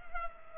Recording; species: mosquito wingbeat signal from an infrared sensor; Culex pipiens